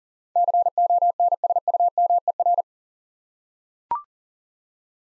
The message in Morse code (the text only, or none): CONSUMER